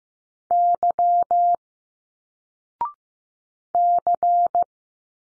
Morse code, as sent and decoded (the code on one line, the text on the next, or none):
-.-- / -.-.
Y C